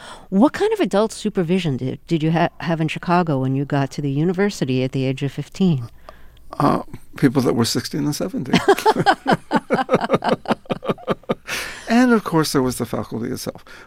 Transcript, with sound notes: What kind of adult supervision did you have in Chicago when you got to the university at the age of 15?
People that were 16 and 17.
(LAUGHTER)
And of course, there was the faculty itself.